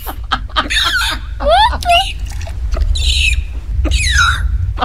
Weird-sounding hiccups that she's been experiencing since the age of 12. It happens at least once a day that she gets these weird, unusual, unique hiccups.